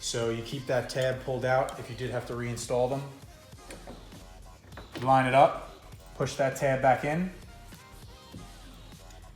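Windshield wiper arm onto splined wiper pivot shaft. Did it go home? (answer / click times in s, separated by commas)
no / none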